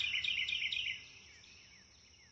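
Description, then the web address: Bird chirps, a quick run of bright high notes repeated about every quarter second for the first second, then fainter thin calls over a steady hiss. Birds chirping in a wood near a river. "ambience nature wood near river birds chirp. SFXBible"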